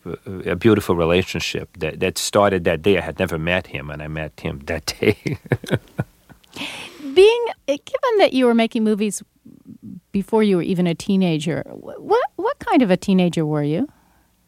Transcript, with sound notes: it was a beautiful relationship that started that day. I had never met him, and I met him that day. (laughs)
Being -- given that you were making movies before you were even a teenager, what kind of a teenager were you?